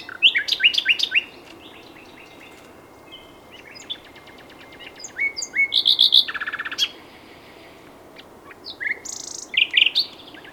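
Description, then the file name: Common nightingale song with quick varied notes, thin whistles, a loud throbbing trill and high buzzy flourishes, separated by short quiet gaps. "Luscinia megarhynchos"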